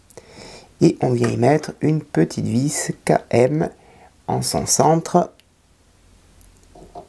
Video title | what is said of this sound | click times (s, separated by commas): Construisez La Nissan Skyline GT-R de Fast & Furious 1/8 @SpotTVAltaya 90/91/92 | Donc ça vient s'installer ici. Voilà, ça vient se clipser. | 0.1 s